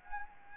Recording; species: mosquito wingbeat signal from an infrared sensor; Anopheles arabiensis